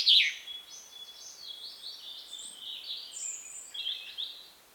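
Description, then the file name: Common chaffinch: a sharp high note followed by a run of thin, wavering phrases at mid-high pitch, fading out at the end. "Fringilla coelebs"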